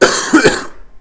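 A single short cough lasting about a second in an adult: an abrupt noisy burst followed by a quick second push, then fading out. No wheeze or wet rattle stands out.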